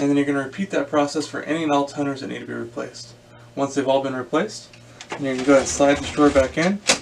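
Someone talks about replacing toner in an HP P2055 laser printer while the toner cartridge drawer is handled, ready to be slid back into the printer. Only the speaking is heard, with no distinct mechanical hit. Nothing has seated or clicked yet.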